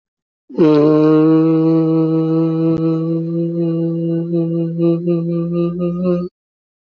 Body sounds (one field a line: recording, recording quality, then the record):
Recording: sustained vowel as in boot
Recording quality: excellent, no background noise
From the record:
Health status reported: healthy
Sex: male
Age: 33 years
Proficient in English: yes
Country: India